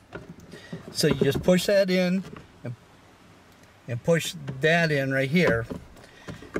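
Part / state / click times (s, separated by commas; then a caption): glove box side pin into dash pivot hole / seated / 6.6 s. After a cabin air filter change on a Jeep JK, the plastic glove box's small side pin is pushed in behind the dash plastic while someone talks. The pin snaps into the dash pivot hole with a sharp click at 6.6 s, locking the glove box into place.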